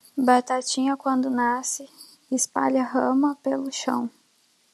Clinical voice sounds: short text; Brazilian Portuguese; female; 20 to 29 years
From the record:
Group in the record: control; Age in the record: 24 years

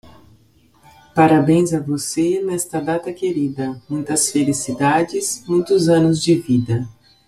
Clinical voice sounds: short text; Brazilian Portuguese; female; 40 to 49 years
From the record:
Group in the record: control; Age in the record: 47 years

